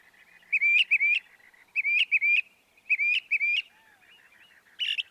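Northern mockingbird song: short rising whistled phrases, each given two or three times in quick clusters, separated by brief pauses, with a final sharper burst.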